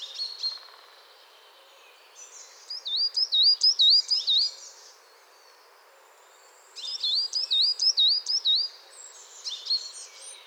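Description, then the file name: Coal tit calling in two bursts of rapid, high wavy whistled notes, each burst roughly two seconds long, with a quiet gap between and faint high chips around them. Chattering coal tit. "MESANGE NOIRE BAVARDE"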